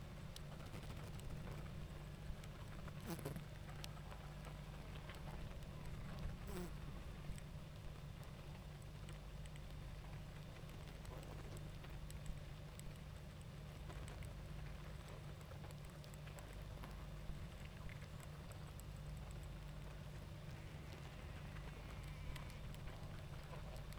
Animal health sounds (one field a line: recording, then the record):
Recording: honeybee colony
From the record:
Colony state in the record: active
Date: 28 July 2017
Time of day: 20:41